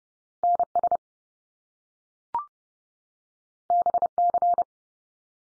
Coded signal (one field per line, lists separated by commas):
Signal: Morse code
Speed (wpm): 30 wpm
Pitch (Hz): 700 Hz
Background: none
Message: NS BC